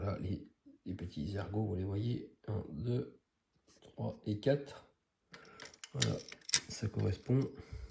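Someone talks while handling a plastic part of a scale model car kit, lining it up over four locating pegs before pressing it down to clip in place. Short faint handling ticks come near 5.3 to 5.8 seconds, but nothing has seated or clicked yet.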